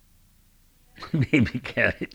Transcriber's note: he laughs